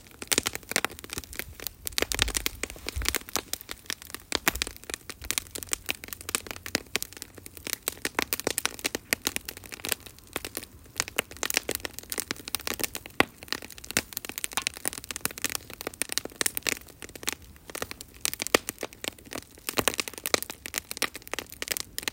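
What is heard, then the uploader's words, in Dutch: A campfire crackles steadily for the whole stretch, with dense, rapid snaps and pops that never settle into a rhythm. Sharper, louder cracks stand out every second or so over a soft, constant low hiss of burning. Luisteren naar het kampvuur.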